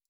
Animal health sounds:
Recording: hydrophone in a shrimp aquaculture tank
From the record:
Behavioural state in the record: stressed

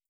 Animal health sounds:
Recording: hydrophone in a shrimp aquaculture tank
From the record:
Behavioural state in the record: starved

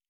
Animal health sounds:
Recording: hydrophone in a shrimp aquaculture tank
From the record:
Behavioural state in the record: normal

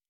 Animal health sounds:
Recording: hydrophone in a shrimp aquaculture tank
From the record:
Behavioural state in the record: normal

